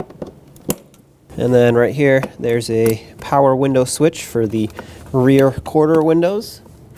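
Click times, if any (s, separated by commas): none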